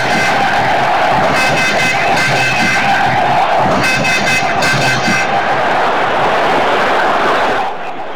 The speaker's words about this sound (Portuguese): Olha a torcida. Sinto a vibração da torcida.